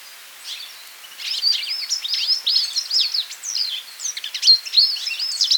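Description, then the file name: European goldfinch calls: after a quiet first second, a lively jumble of liquid, chirping twitters sweeps up and down, growing louder toward the end. "Carduelis carduelis"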